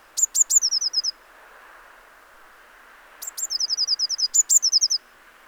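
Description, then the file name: Eurasian blue tit calling: high sharp notes leading into a quick series of descending notes, heard twice. "Cyanistes caeruleus"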